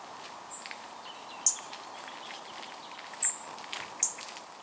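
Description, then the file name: European robin giving brief, piercing high-pitched ticks, three clear notes with fainter chips between, over a steady background hiss. "Erithacus rubecula"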